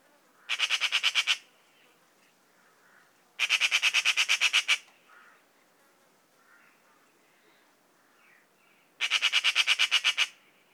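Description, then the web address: Eurasian magpie repeating its harsh chatter three times, each a rattle of many rapid notes, with pauses of a few seconds between bursts. "szarka hangja. szarka madar"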